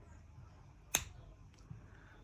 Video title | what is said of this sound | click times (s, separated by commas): Tutorial How To Make a Trendy Bead & Chain Necklace (using french wire & locking crimp beads) | there we go you hear that click that's it clicking in | 0.9 s